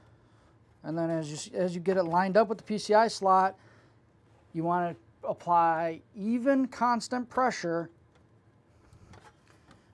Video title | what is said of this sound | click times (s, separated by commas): Lenovo IdeaCentre 5i Lets Install a RTX 3070, How to upgrade your GPU. | and it didn't snap in | none